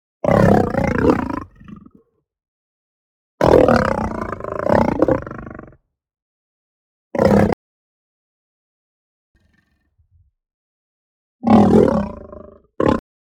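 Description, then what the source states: Lion roaring and growling in harsh, broad bursts of one to two and a half seconds, separated by silences, with shorter snarls in the middle and at the end. Aggressive roar and growl.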